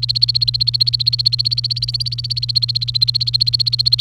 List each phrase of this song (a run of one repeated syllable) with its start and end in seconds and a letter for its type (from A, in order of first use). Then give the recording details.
0.00-4.01 A. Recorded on 28 April 2018 at 15:01. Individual llb3